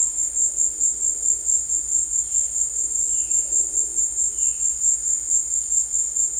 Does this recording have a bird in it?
no